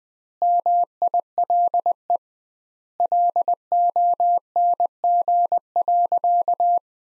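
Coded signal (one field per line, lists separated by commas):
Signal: Morse code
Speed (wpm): 20 wpm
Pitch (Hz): 700 Hz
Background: none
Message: MILE LONG.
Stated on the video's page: Morse practice at 20 wpm: sentences from the top 500 words, sent with twice the standard word spacing, a word-level analogue of Farnsworth.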